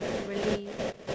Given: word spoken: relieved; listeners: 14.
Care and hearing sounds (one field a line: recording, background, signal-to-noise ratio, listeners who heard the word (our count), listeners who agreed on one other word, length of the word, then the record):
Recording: one English word in noise, from a listening test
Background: noise modulated by three-talker babble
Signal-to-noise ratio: -3.0 dB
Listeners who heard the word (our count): 1 of 14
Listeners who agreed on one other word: 11 of 14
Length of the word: 0.75 s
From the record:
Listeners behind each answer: 11, 1, 1, 1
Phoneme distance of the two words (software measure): 7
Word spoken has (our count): 2 syllables, 6 phonemes, stress on syllable 2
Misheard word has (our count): 2 syllables, 5 phonemes, stress on syllable 2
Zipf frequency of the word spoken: 4.09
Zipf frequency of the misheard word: 3.46